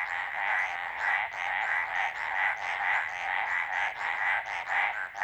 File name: Hyla eximia